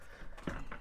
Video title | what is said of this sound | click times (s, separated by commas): I've waited 35 years for this Upgrade - Huge Smart Blind from SmartWave | And um I think we got it snapped into place there. Yep. | 0.7 s